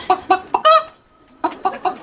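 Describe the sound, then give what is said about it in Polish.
A woman imitates a hen clucking as her entry in a contest imitating birds living in Poland: a quick series of short, nasal clucks, then a longer drawn-out squawk, a brief pause, and three more clucks in an uneven rhythm. “Będę dzisiaj chciała przedstawić jednego z moich ulubionych ptaków, czyli kurę.”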